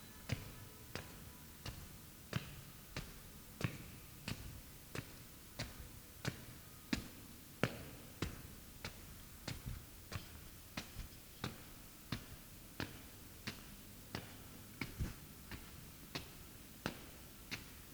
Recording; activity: daily activity, guitar pickup as the sensor; walk